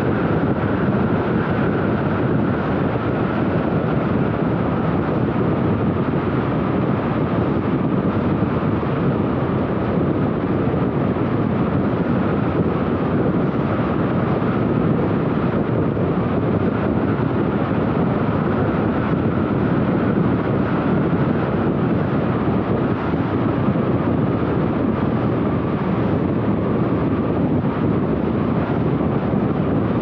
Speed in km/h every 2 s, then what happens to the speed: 97, 95, 93, 92, 93, 94, 96, 94, 104, 102, 101, 101, 99, 92, 93.
0-8 steady at about 93. 8-17 speeds up to 104. 17-23 steady at about 101. 23-25 brakes to 92.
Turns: none.